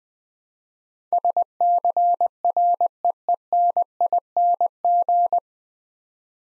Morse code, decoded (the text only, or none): SCREENING